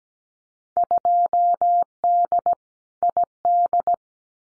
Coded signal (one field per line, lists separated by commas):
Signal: Morse code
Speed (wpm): 17 wpm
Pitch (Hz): 700 Hz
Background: none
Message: 2D ID